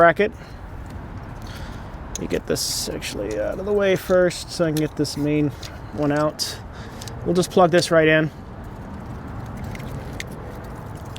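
Someone talks while handling a wiring connector at the distributor-area socket of a 1996–2000 Honda Civic engine during a distributor O-ring replacement, with faint handling ticks after the talk ends. The connector has not seated or clicked in yet.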